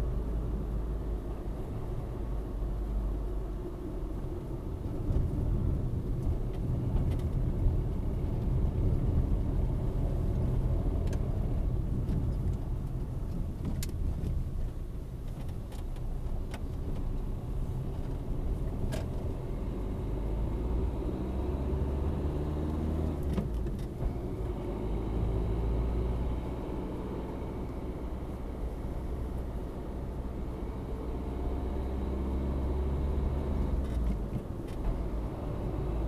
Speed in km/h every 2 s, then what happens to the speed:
39, 37, 31, 28, 29, 30, 24, 15, 15, 22, 32, 39, 42, 48, 48, 49, 54, 56.
0-6 slows to 28. 10-14 brakes to 15. 16-26 speeds up to 48. 30-36 speeds up to 56.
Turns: 3-8.